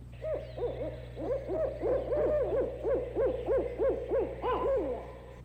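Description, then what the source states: Barred Owl giving a rapid, excited run of wavering hoots and cackles, nearly continuous for about five seconds, rising and falling. Heard singly.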